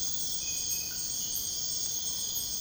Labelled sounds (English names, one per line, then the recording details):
none
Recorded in pastures near Puerto Asís, Putumayo, Colombia, on 13 March 2025 at 03:00
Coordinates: 0.502, -76.324
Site GP07